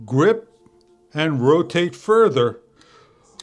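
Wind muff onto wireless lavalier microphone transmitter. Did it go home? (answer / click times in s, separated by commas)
yes / 3.4 s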